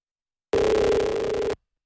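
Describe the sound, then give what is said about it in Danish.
A single steady telephone ringback tone on an outgoing call sounds for about a second, a sustained mid-pitched electronic hum that starts and stops abruptly, with no talking. “Det lyder godt nok mærkeligt. Det er helt sikkert ikke. Det er vores egen. Det er vores telefonsystem, der kommer.”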